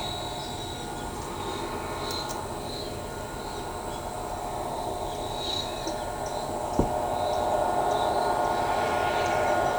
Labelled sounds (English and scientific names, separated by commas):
none